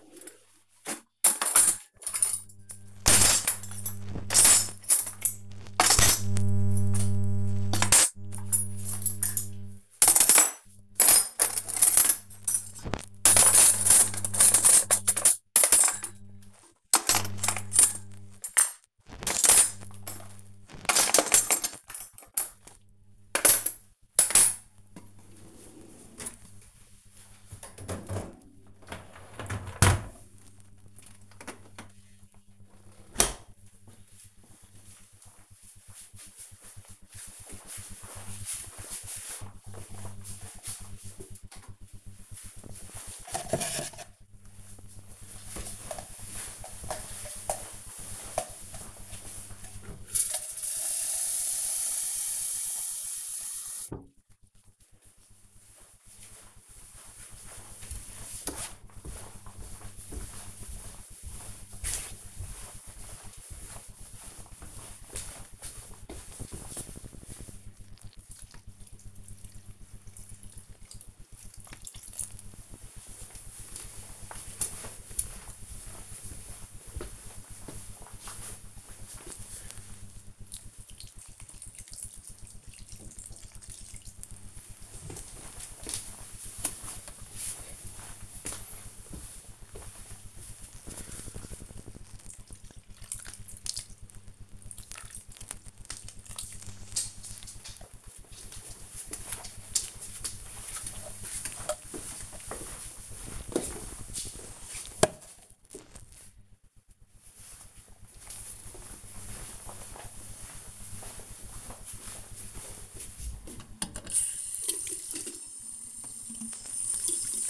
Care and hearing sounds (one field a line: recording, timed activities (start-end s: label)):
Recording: household activities, microphone on the right wrist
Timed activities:
0.00-32.07 s: cleaning out the dishwasher
41.14-96.59 s: watering plant
113.70-117.50 s: washing hands